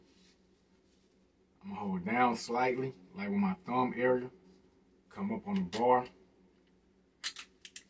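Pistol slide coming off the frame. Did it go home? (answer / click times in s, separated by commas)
released / 7.7 s, 7.8 s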